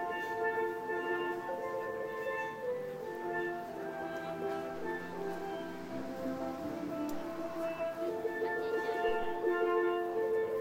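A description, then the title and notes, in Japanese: Live Christmas music plays steadily at a morning market, sustained melodic notes shifting every second or so over a soft bustle of people. 朝市出店日の音風景。12月ですが、寒すぎず心地よい晴れ。数十軒は参加で、広場にそれぞれのテントが立ち並びます。クリスマスの曲が生演奏で盛り上げます。生演奏は、スチームドラムという楽器のようです。皆、思い思いに過ごし、にぎやか。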